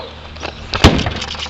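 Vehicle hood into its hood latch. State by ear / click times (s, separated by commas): not seated / none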